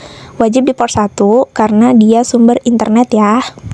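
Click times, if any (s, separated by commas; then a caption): none. A blue network cable from the internet provider, fitted with an RJ45 plug, is handled at port 1 of a router while someone talks throughout. Nothing has seated or clicked yet; the plug is not home in the port by the end of the clip.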